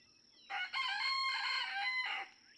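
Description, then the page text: Red junglefowl (chicken): rooster crow, a single drawn-out harsh cock-a-doodle-doo of nearly two seconds with a brief break near the start. Several roosters in a barnyard just outside Mammoth Cave National Park, Kentucky, June 2, 2010; each rooster crows differently, individual crow variation. "Birdsong for the Curious Naturalist. Red junglefowl (chicken) No two roosters crow alike in this Kentucky barnyard. June 2, 2010. Just outside Mammoth Cave National Park, Kentucky"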